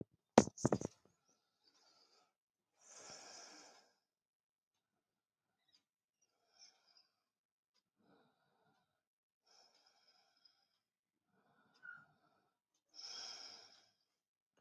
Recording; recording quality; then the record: shallow breathing; excellent, no background noise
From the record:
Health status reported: healthy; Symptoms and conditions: none ticked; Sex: male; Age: 37 years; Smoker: yes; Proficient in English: yes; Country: India